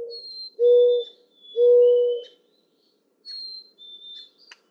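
Mourning dove giving the end of one coo, then two long, low, even coos, followed by thin high whistles from another bird.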